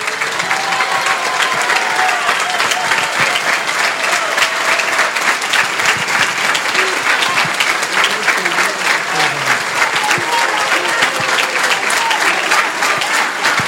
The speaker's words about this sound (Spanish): Así que quería abrazar con todo mi alma, y si se puede poner de pie para que todos le aplaudamos, a Mirta Baravalle.